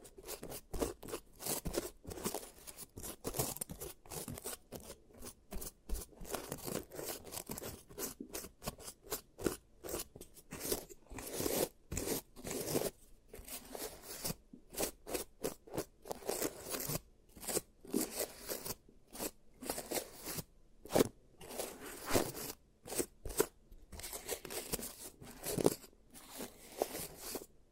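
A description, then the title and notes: Clicking, snipping and crunching sounds for a pretend treatment of giant teeth, coming in quick irregular bursts throughout. The sharp, bright clicks and scrapes cluster densely, separated by brief silent gaps, with no voice heard. ASMR Giant Teeth Treatment, Fixing Your Cavities (No Talking).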